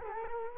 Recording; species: mosquito wingbeat signal from an infrared sensor; Culex quinquefasciatus